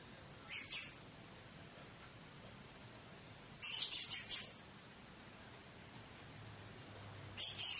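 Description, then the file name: Blue-crowned hanging parrot: sparse calls from a blue-crowned hanging parrot: three short bursts of squeaky, buzzing high notes spaced several seconds apart, with a steady high whine throughout. "serindit"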